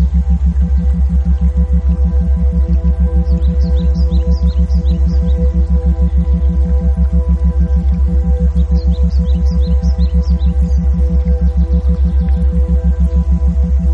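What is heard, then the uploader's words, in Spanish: A steady low tone hums throughout, overlaid by rapid, regular pulsing tones that beat evenly from start to finish. Faint chirping birds drift in high above, clustering around four seconds and again near ten seconds. Binaural Beats + Isochronic Tones + Pajaritos. Una combinación de Pulsos Binaurales y Tonos Isocrónicos con pajaritos.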